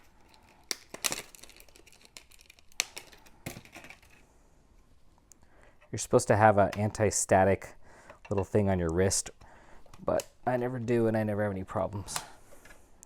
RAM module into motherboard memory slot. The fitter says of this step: press firmly till it clicks